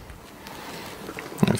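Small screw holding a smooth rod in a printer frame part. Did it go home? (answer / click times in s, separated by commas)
no / none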